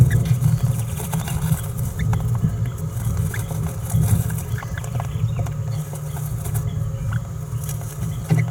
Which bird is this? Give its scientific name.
Forpus passerinus